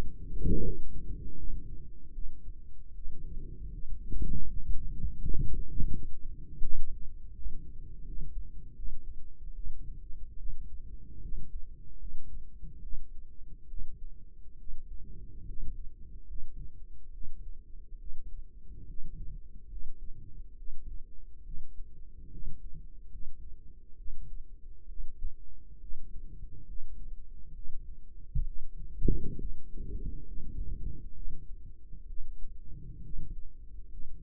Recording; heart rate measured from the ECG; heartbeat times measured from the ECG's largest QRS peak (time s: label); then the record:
heart sounds by microphone in the right ear; 72 bpm
0.61 s: heartbeat
1.34 s: heartbeat
2.11 s: heartbeat
2.92 s: heartbeat
3.69 s: heartbeat
4.45 s: heartbeat
5.20 s: heartbeat
5.91 s: heartbeat
6.60 s: heartbeat
7.32 s: heartbeat
8.03 s: heartbeat
8.74 s: heartbeat
9.53 s: heartbeat
10.36 s: heartbeat
11.19 s: heartbeat
11.97 s: heartbeat
12.80 s: heartbeat
13.66 s: heartbeat
14.56 s: heartbeat
15.44 s: heartbeat
16.25 s: heartbeat
17.10 s: heartbeat
17.96 s: heartbeat
18.85 s: heartbeat
19.67 s: heartbeat
20.55 s: heartbeat
21.42 s: heartbeat
22.29 s: heartbeat
23.08 s: heartbeat
23.95 s: heartbeat
24.86 s: heartbeat
25.78 s: heartbeat
26.64 s: heartbeat
27.52 s: heartbeat
28.43 s: heartbeat
29.37 s: heartbeat
30.23 s: heartbeat
31.12 s: heartbeat
32.05 s: heartbeat
33.00 s: heartbeat
33.88 s: heartbeat
From the record:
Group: healthy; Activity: rest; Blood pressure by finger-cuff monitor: 133/75 mmHg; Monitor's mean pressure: 93 mmHg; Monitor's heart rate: 69 bpm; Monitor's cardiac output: 6.4 L/min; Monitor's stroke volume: 89 mL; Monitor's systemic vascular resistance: 1040 dyn s/cm5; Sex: female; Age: 22 years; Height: 154 cm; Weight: 58.7 kg